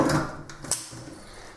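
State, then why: Seated. A consumable bait cup is pushed into the back of a plastic BaitSafe Double Shot bait station, made for cockroaches and mice at the same time. A louder, broadband rustle opens the clip and fades, then a double "click click" sounds at 0.5 s and 0.7 s, the second sharper and louder. The cup clicks into its slot and is seated.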